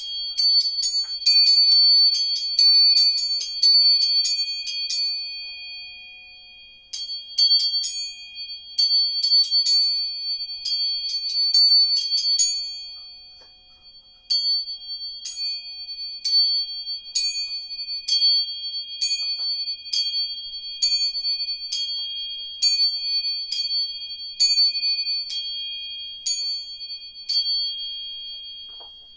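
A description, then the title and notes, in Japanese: Tuning forks ring with pure, bright, sustained tones, struck repeatedly with sharp metallic clicks. The first half brings dense, rapid clusters of strikes with short pauses near 6 and 14 seconds, then the taps settle into a steadier, slower rhythm. The room is otherwise quiet. 音叉チューニング3本。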